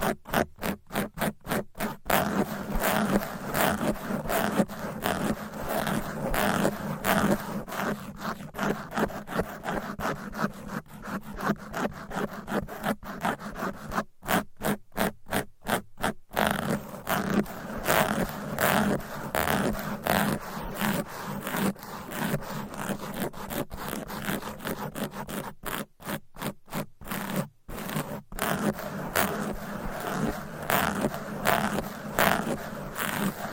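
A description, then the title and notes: Fast, aggressive scratching of nails across microphone covers, a dense run of rapid rasping strokes that continues for the full length. The scratches hiss and rustle with a low rumble beneath, and short choppy breaks cut in around fifteen and twenty-seven seconds. ASMR Fast & Aggressive Mic Scratching with 15 DIFFERENT MICS Covers & Nails No Talking.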